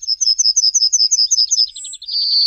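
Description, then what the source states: Yellowhammer song: a fast series of many high, thin notes, ending in a longer drawn-out note. Sings in the dawn chorus sequence before sunrise.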